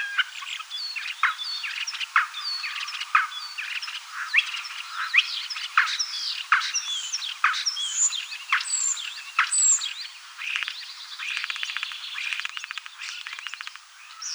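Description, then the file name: Common starling in continuous song, mixing wheezy whistles, sharp clicks and rattles, with buzzy rattling toward the end. "Sturnus vulgaris"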